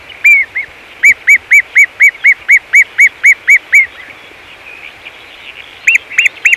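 Great gerbil giving clear arched squeaks in an even series of about four per second, pausing, then resuming with a short burst at the end.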